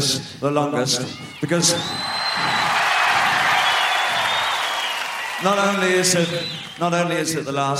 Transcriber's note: applause